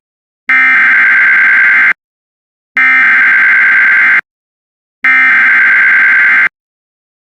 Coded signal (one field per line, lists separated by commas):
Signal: Emergency Alert System (SAME) tones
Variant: header bursts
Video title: Qurtuple Hearder EAS #222-225 2 Tornado Warnings 1 Flash Flood Warning And Weekly Test On WJON-IP